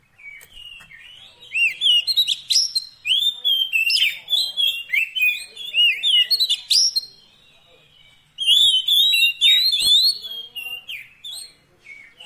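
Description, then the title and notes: Oriental magpie-robin song: long, fast run of sweet whistles and buzzy trills lasting about six seconds, a pause, then another energetic burst. Long-duration fill-in song for training a kept kacer to sing actively day and night. "Kacer Jadi Gacor Siang Malam. Isian Kacer Durasi Panjang"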